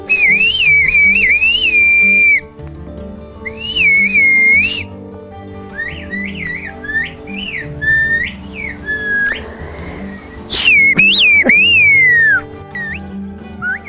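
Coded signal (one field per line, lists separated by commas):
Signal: whistled language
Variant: Turkish kuş dili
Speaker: jika seseorang namanya disebut dalam siulan maka yang punya nama tersebut akan mengerti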